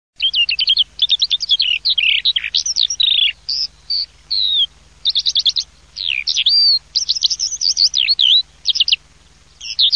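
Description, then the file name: Eurasian skylark calling in rapid, twittering bursts of high chirps and warbled trills, broken by short pauses. "ALLODOLAMONT"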